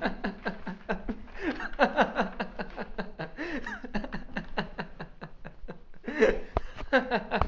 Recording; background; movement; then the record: laughter; quiet; walking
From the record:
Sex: male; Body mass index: 21.0 kg/m2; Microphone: on the chest, facing outward